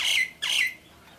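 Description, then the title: Javan pied starling giving two loud, harsh squawks separated by a short pause. "jalak_suren"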